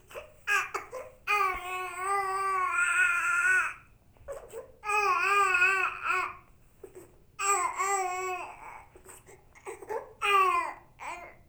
Baby Cry.